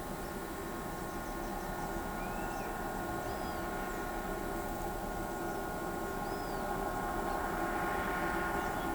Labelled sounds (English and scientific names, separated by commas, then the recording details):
none
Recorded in pastures near Pivijay, Magdalena, Colombia, on 17 April 2023 at 08:00
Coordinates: 10.456, -74.369
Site P6-G026